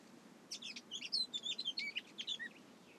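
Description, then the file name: Eurasian blackcap singing one hurried warbling phrase of high, chattering and whistled notes that tumble together for about two seconds. "Sylvia atricapilla"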